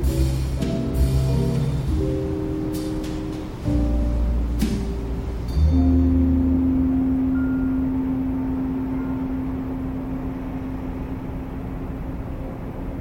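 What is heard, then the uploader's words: Soft jazz plays in the next room, with low notes and chords changing every second or so for the first five seconds, marked by a few sharp taps. Then one low note holds steadily until about eleven seconds over a constant low rumble. Rest peacefully as soft jazz plays in the next room.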